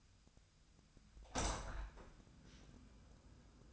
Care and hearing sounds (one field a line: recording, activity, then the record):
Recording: daily activity, microphone in the room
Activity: open window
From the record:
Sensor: 2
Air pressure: 1004.6 hPa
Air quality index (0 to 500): 104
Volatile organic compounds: 2 ppm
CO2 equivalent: 1251 ppm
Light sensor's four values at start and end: 6/14/5/6 and 6/14/5/6